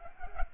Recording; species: mosquito wingbeat signal from an infrared sensor; Culex pipiens